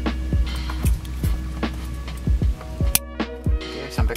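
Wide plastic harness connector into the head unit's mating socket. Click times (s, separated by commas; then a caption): 3.0 s. A wide plastic wiring harness connector is pushed into its mating socket on a CAN-bus head unit being installed in a 2012 Honda CR-V, over steady background music with rhythmic low thumps. A short, sharp click is heard at 3.0 s, and the connector is seated.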